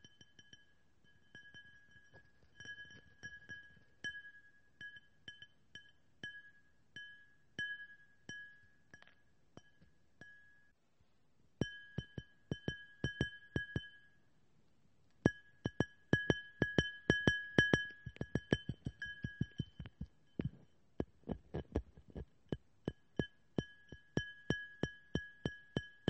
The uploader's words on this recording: Lots of tapping and much more.